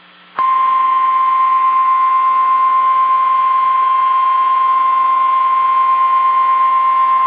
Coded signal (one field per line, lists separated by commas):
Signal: Emergency Alert System (SAME) tones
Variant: 1050 Hz attention tone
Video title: EAS Tornado Watch #6 East Central Florida NOAA Weather Radio +WeatherSTAR4000